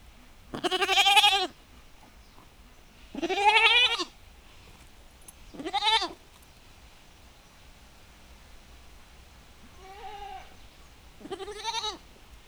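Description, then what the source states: Goat bleats, five quavering calls spaced a few seconds apart, the fourth softer, with a faint steady rumble of wind underneath. Domestic goat in a farmyard, described as a dialogue in the wind.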